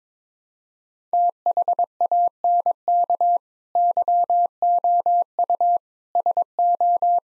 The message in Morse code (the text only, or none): THANK YOU SO